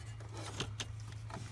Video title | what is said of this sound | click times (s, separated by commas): How to change a shift cable on a Ford F-150 | real simple I just snapped that plastic piece back on | 0.6 s, 0.8 s